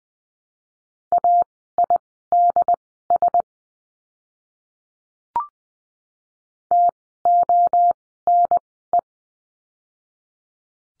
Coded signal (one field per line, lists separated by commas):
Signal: Morse code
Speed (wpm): 20 wpm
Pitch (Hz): 700 Hz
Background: none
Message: AIDS TONE